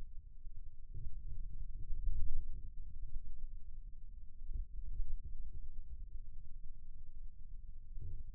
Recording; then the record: forearm muscle sounds (acoustic myography)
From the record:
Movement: ulnar deviation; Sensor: system 2, bracelet of six BSWA MPA416 microphones around the upper forearm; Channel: 1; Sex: male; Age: 22 years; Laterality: right